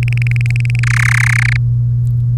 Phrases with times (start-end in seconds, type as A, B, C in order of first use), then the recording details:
0.03-0.80 A, 0.83-1.57 B. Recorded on 3 May 2018 at 12:38. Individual llb3